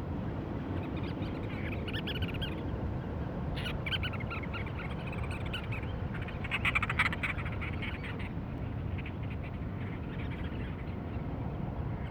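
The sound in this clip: Cape Verde storm petrel with several soft rattling bursts, clearest around four and seven seconds, against a persistent deep rumble.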